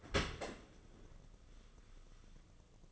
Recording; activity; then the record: daily activity, microphone in the room; open dishwasher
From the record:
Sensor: 4